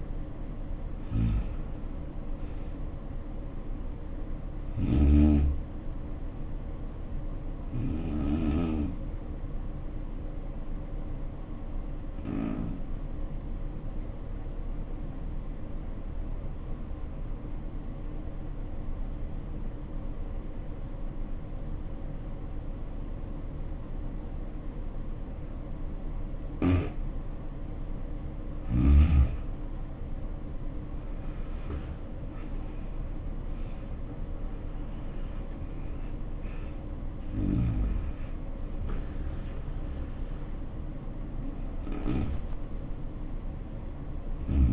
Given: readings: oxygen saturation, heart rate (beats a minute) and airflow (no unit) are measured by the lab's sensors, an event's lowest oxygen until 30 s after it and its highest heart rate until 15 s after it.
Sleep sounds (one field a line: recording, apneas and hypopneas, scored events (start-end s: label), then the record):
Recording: breathing in sleep by a smartphone at the bedside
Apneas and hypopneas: 1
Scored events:
19.00-44.73 s: new sleep stage, N1 (lightest sleep)
20.00-30.20 s: obstructive apnea (N1, oxygen 95% highest, then 77% lowest, heart rate 66 at the start, 76 highest)
From the record:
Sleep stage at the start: N2 (light sleep)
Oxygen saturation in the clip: 72 to 95%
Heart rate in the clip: 58 to 76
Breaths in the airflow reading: 7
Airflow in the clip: -7.3 to 8.0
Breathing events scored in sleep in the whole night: 520 in 7.2 hours asleep